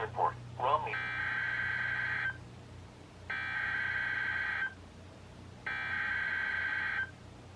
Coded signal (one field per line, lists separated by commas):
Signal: Emergency Alert System (SAME) tones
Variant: header bursts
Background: speech